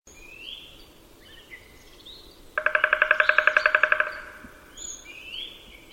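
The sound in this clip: Bird producing one quick, evenly pulsed trill near the middle, with faint high whistled notes before and after.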